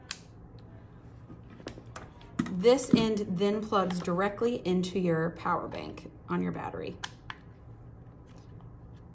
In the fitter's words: going to put it in you may have to spin it in order to hear a click